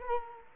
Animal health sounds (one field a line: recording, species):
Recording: mosquito wingbeat signal from an infrared sensor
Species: Culex quinquefasciatus